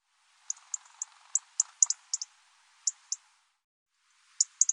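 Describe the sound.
European robin giving thin, sharp, high tick notes in irregular runs, some doubled, with a quiet gap before a final quick cluster.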